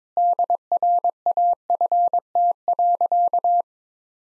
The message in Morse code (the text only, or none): DRAFT.